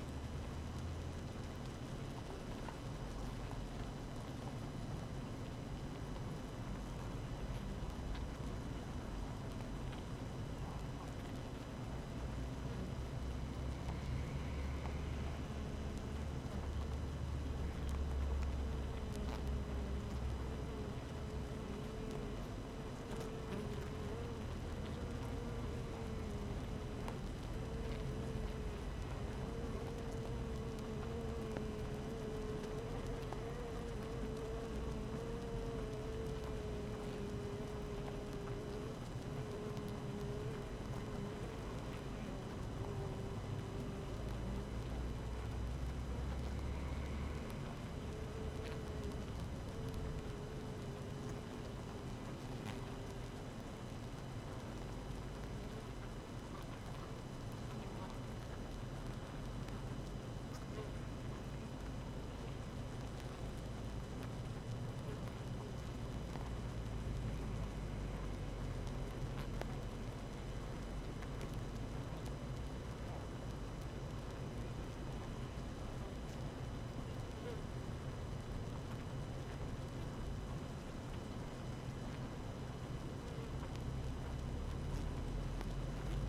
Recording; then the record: honeybee colony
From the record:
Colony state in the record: active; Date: 12 June 2018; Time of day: 7:06